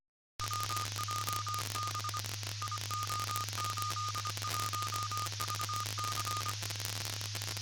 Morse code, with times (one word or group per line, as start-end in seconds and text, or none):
0.4-2.2 WJB
2.6-6.5 IO81VC